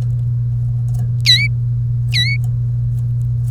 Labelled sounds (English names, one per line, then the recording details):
Domestic Canary song
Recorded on 1 May 2018 at 09:00
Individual llb3